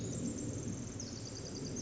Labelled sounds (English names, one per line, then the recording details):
Pacific Wren
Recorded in Sonoma County, California